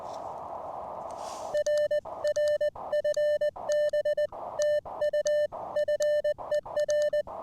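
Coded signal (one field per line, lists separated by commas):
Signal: Morse code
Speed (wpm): 20 wpm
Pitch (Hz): 600 Hz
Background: music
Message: RR FB TU FER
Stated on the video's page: POTA CW activation with an Elecraft K1 keyed by a prototype paddle, using an end-fed half-wave antenna with 40 m wire add-on.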